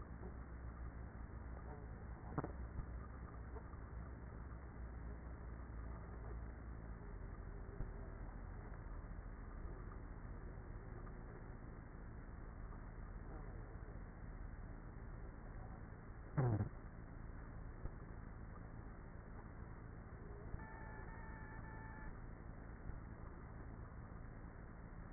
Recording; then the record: honeybee colony, microphone inside the hive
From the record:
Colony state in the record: queenless with a low population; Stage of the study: after two queens were removed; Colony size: about 30,000 bees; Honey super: no